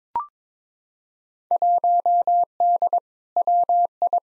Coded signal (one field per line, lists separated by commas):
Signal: Morse code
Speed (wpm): 22 wpm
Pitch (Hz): 700 Hz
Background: none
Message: 1D WI